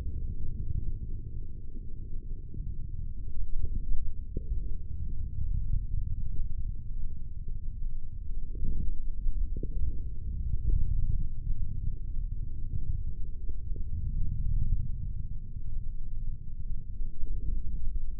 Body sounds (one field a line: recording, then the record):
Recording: forearm muscle sounds (acoustic myography)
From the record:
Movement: forearm supination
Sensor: system 3, bracelet of six PUI Audio POM-2738L microphones around the upper forearm, with dedicated amplification and filtering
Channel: 1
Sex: male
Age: 25 years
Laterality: right